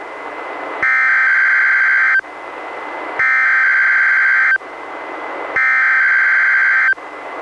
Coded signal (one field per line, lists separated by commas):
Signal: Emergency Alert System (SAME) tones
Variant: header bursts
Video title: EAS #612: NWR Required Weekly Test- Mar. 23, 2022- 11:01AM PDT